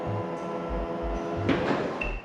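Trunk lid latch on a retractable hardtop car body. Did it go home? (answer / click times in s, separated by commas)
no / none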